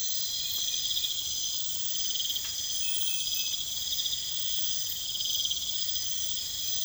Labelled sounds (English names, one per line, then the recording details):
none
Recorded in pastures near Puerto Asís, Putumayo, Colombia, on 21 December 2024 at 23:30
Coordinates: 0.472, -76.329
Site G072